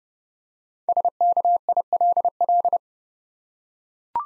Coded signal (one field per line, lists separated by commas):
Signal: Morse code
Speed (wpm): 29 wpm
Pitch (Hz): 700 Hz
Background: none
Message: SKILL